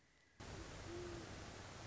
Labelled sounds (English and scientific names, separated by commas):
Great Horned Owl (Bubo virginianus)